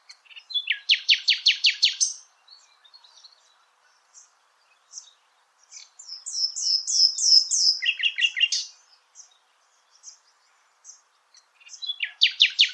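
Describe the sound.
Bird repeating bursts of rapid, evenly spaced high notes, separated by quieter chips and gaps of a few seconds.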